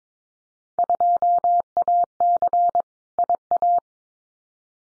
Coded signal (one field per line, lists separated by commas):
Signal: Morse code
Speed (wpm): 22 wpm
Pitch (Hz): 700 Hz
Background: none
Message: 2AC IA